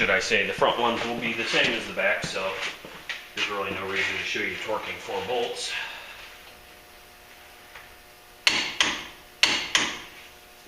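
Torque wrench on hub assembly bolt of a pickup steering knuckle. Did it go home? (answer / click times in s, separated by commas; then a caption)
yes / 9.4 s. Someone talks for the first six seconds, then a clicker-type torque wrench tightens a hub assembly bolt on the steering knuckle of a Ford Super Duty pickup's driver-side front hub to about 133 ft-lb. After a few sharp metallic knocks, the wrench clicks at its setting at 9.4 seconds, confirming the bolt is torqued.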